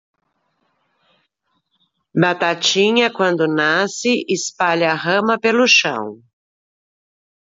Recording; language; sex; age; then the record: short text; Brazilian Portuguese; female; 60 to 69 years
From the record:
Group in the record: control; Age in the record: 63 years